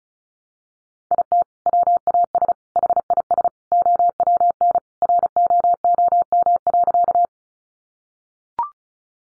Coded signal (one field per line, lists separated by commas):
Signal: Morse code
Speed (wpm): 34 wpm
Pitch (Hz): 700 Hz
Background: none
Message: IT WAS HIS OWN ROOM.